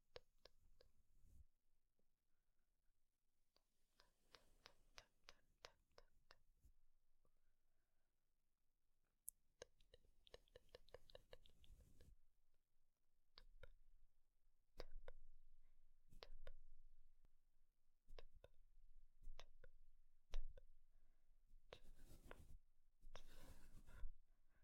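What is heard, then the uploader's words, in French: Quiet mouth sounds, rapid clusters of crisp tongue clicks and soft whispered t-t-t, d-d-d bursts, with a brief brushing swish near the mic late on. Des bruits de pinceau sur le micro comme s'il carressait votre visage. Accompagnés de bruits de bouche déclencheurs (t,t,t-d,d,d-...). No talking.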